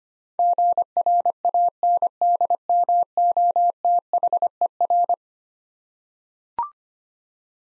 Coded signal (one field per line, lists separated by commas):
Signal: Morse code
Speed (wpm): 25 wpm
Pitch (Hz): 700 Hz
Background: none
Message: GRANDMOTHER